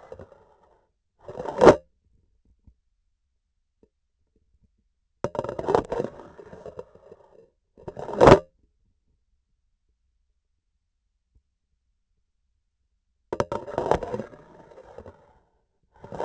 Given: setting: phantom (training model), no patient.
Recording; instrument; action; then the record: laparoscopic instrument, vibration sensor on the handle end; grasping forceps; insertion and removal through the trocar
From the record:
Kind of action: spatial motion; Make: other than Olympus